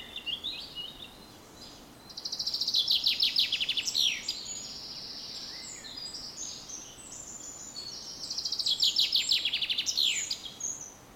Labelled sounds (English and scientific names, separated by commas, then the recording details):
Eurasian Wren (Troglodytes troglodytes)
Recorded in the wild
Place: Mühlenbeck, Brandenburg, DE
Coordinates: 52.667, 13.37
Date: 1992-06-08 10:39
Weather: sonnig (heiter) 21-22°C, böiger Wind
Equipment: Nagra SN, Mikrofon AKG CK 8, Kopie Tesla B 116
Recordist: Tembrock, Günter